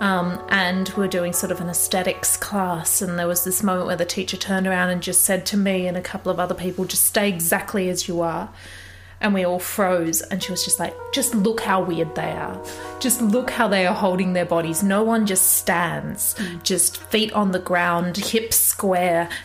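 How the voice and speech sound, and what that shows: A woman speaks fluently in clear, ordinary conversational speech, with a faint steady low hum behind her.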